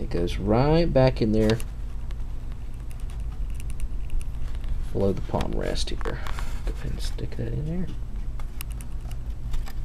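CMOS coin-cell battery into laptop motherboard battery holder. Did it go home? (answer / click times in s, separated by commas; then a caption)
no / none. A CMOS coin-cell battery for an Acer Aspire 4520 laptop is handled and pushed toward its motherboard battery holder below the palm rest, as part of a BIOS password removal repair. Someone talks while light, sharp taps and clicks of handling are heard over a steady background hum. The clip ends before the battery goes home, and nothing has seated yet.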